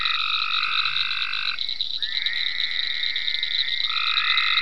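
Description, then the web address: Frogs calling in long, steady trilled notes that overlap, one voice breaking off and another starting, over a constant high-pitched buzzing drone. Frogs in ponds at Venaura farm, recorded 27 May 2010. "ecolandtech venaurafarm frogs-in-ponds 5-27-010-Frogs"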